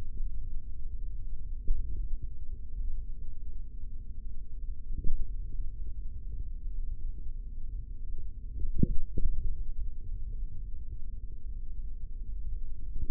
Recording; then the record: forearm muscle sounds (acoustic myography)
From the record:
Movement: finger pinch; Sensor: system 3, bracelet of six PUI Audio POM-2738L microphones around the upper forearm, with dedicated amplification and filtering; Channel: 2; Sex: male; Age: 43 years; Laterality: right